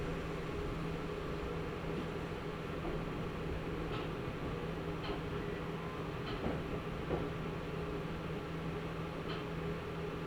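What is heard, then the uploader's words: A train on the Nagoya Railroad Mikawa Line between Chiryu and Hekinan keeps up a steady rumble and hiss, with a constant low motor hum underneath. Faint clicks and light knocks come every second or so, most noticeably from the fourth to the tenth second. Nagoya Railroad Mikawa Line Chiryu to Hekinan.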